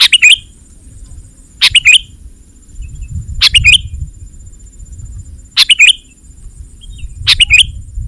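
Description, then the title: Sooty-headed bulbul song of five quick, punchy note clusters about two seconds apart, each bubbling then dropping, over a soft low rumble. "kutilang"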